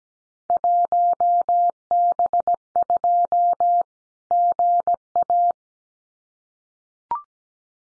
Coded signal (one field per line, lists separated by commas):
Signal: Morse code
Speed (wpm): 17 wpm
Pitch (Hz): 700 Hz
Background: none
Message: 1B2 GA